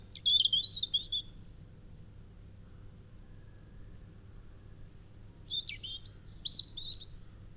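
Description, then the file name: European robin song: a brief high warble at the start, then a pause of several seconds before a longer, twittering phrase with sharp high notes. "Erithacus rubecula"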